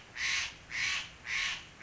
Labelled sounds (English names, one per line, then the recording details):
Steller's Jay
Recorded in Sonoma County, California